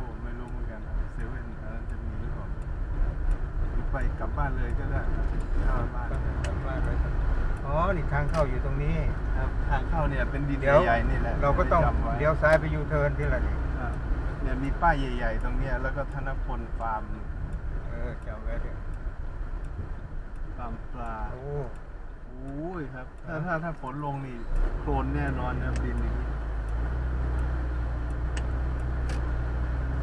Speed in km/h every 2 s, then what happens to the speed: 27, 25, 23, 24, 24, 27, 27, 28, 26, 23, 18, 13, 7, 10, 12.
0-16 steady at about 26. 16-24 slows to 7. 24-30 steady at about 10.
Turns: 23-28.